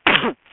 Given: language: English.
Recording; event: throat vibration sensor signal played as sound; cough